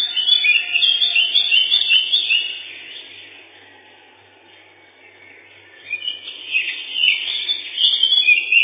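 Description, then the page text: Lesser whitethroat song: a lively, scratchy chattering warble for a few seconds, a quiet pause, then another busy burst of twittering notes; muffled in tone. Song described as a set of twitterings, including a loud 'kle-kle-kle', ending in a dry, fast trill 'tiktiktiktik'. "Славка-завирушка, или славка-мельничек — Sylvia curruca"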